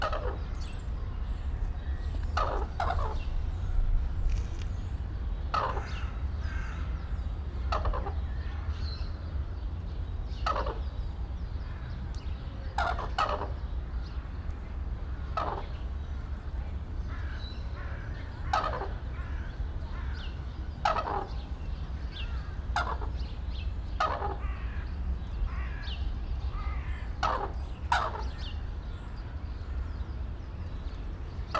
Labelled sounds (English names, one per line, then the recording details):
Red-crowned Crane
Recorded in captivity
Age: adult
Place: Zoo Berlin, Berlin, DE
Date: 1994-03-05 12:19
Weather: heiter, 4°C, Windböen
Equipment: Marantz CP 430, Sennheiser ME 80, Kopie Uher Variocord 263
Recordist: Tembrock, Günter